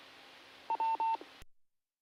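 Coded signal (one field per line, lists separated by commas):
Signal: none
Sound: repeater courtesy tone beeps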